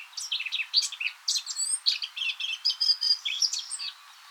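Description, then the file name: Eurasian blackcap song, a rapid, varied warble of high chirps and clear whistled notes running for about four seconds without a break. "Sylvia atricapilla"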